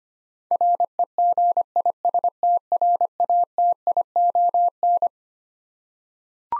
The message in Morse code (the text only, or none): REGISTRATION